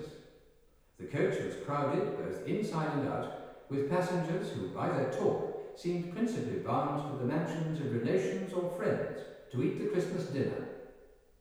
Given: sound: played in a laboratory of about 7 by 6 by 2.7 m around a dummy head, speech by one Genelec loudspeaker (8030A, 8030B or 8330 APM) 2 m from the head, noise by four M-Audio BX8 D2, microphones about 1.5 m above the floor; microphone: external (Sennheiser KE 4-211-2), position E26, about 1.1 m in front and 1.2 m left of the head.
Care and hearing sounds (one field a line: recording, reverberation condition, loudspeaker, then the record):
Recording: male speech in English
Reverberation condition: high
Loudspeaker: 90 degrees to the right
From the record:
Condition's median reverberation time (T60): about 1300 ms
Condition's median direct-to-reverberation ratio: about -4.0 dB